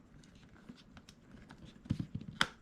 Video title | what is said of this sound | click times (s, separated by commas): Dollar Tree HACK!! what does it look like to you?? WHAT WOULD YOU CALL IT?? | and just snap it on. You can hear that snap. | 2.4 s